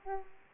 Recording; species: mosquito wingbeat signal from an infrared sensor; Aedes aegypti